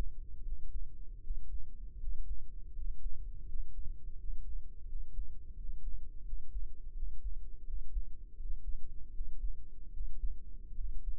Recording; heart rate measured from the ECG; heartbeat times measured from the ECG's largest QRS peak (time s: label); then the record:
heart sounds by microphone in the left ear; 81 bpm
0.43 s: heartbeat
1.21 s: heartbeat
1.98 s: heartbeat
2.73 s: heartbeat
3.46 s: heartbeat
4.16 s: heartbeat
4.86 s: heartbeat
5.55 s: heartbeat
6.24 s: heartbeat
6.93 s: heartbeat
7.65 s: heartbeat
8.36 s: heartbeat
9.12 s: heartbeat
9.92 s: heartbeat
10.75 s: heartbeat
From the record:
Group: healthy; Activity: rest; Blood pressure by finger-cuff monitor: 98/67 mmHg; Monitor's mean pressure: 75 mmHg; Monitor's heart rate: 84 bpm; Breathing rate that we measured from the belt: 21 breaths a minute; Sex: male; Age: 22 years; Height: 181 cm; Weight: 60 kg